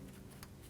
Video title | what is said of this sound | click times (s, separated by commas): How To Replace Reverse Switch 1997-2004 Dodge Dakota | until it clicks. | 0.4 s